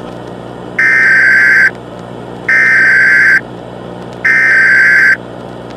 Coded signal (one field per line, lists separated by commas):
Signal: Emergency Alert System (SAME) tones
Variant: header bursts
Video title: EAS Scenario: Acid rain